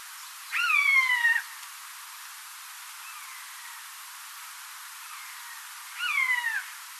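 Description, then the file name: Eurasian jay calls: a loud, nasal, down-slurred mew, two faint softer mews in the middle, then another strong mew near the end, over steady hiss. "Garrulus glandarius"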